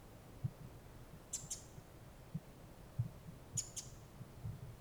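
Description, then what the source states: Pacific wren calls: two quick doubled high chip notes about two seconds apart, amid soft low thumping. Recorded in October on a wilderness walk.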